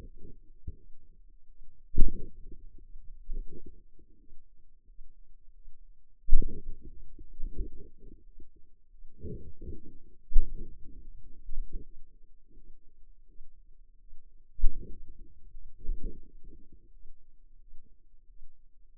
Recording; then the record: forearm muscle sounds (acoustic myography)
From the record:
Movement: hand opening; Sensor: system 2, bracelet of six BSWA MPA416 microphones around the upper forearm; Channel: 2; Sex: female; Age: 23 years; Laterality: right